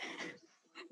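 A small black dog of about 14 pounds, sound asleep in a lap, gives a short broadband snort followed by a quieter snoring breath. He snores all the time and loudly.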